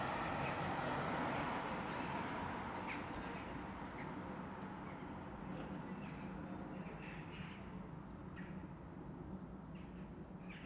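Corvids gather around a park at sunset, their squawks and short calls popping up every second or so. Beneath them sits a steady low hum of traffic, while the overall level eases slightly over the eleven seconds.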